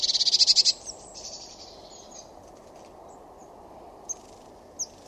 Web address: cianscape birddata Deverinetal 2025 Bird Only Cy Ca